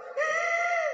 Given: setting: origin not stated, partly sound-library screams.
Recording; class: one-second piece from a danger detection set; woman in danger